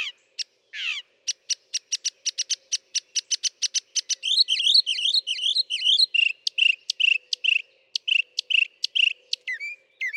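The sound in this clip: Northern mockingbird song: a run of clicky high chips, then rapid chattering phrases, then slower repeated slurred notes, changing pattern every few seconds.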